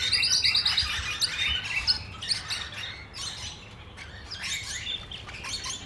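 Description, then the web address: Parrots calling, a quick stuttering series of high chirps at the start, then mixed squawks and chatter at a lower level. Several parrots at Nyíregyháza Zoo, recorded in 2010, calling from the top of a green pyramid. "nyiregyhazizoo 2010 madarak papagajokazoldpiramistetejen"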